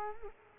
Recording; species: mosquito wingbeat signal from an infrared sensor; Culex quinquefasciatus